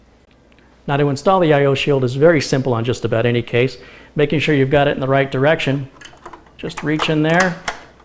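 A metal I/O shield is being handled for pressing from inside into the rear opening of a PC case, while someone talks over most of the clip. A few faint ticks are heard near the start, at about 0.3, 0.5 and 0.6 seconds. Nothing has seated or clicked yet.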